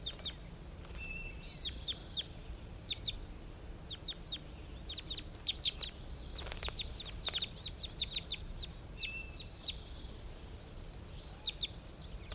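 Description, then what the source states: Crossbill calls, many quick high chips in loose series and dense bursts, several birds calling together over faint background hiss. Wild crossbills calling to captive crossbills again, with the captives calling back, around 10 a.m., at a net site on a hillside.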